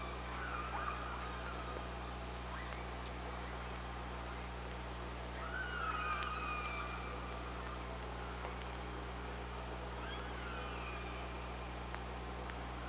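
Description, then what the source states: Killer whale calls, a few faint wavering tonal calls spread throughout, against constant underwater hiss and low hum. Recorded on an OrcaLab hydrophone, 24 August 2017.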